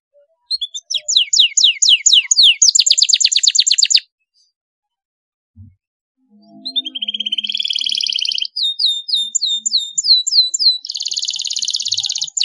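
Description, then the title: Canary song: fast series of high downslurred notes rolling into a dense rattling trill, a pause, then varied whistled rolls and buzzy trills in quick succession. Belgian canary song used to stimulate young canaries to sing. "Canto Para Esquentar Canário Belga. CUITAN KENARI MERANGSANG BUNYI KENARI PAUD. PANCINGAN KENARI AGAR GACOR"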